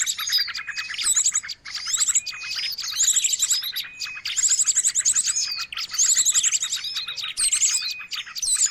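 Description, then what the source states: Birds calling in a crowded mix of high chirps, short whistles and quick rattling trills, repeating in bursts throughout. Noisy mix of bird calls used for luring birds.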